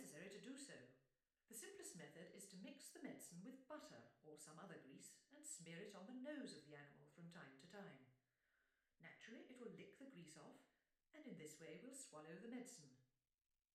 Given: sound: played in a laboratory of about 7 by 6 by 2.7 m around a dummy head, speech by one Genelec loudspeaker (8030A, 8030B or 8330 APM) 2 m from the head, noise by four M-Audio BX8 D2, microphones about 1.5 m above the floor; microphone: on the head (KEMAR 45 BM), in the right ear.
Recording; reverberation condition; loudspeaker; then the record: female speech in English; medium; 150 degrees to the right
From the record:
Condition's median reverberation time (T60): about 510 ms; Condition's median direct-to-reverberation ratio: about -0.5 dB